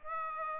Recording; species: mosquito wingbeat signal from an infrared sensor; Aedes aegypti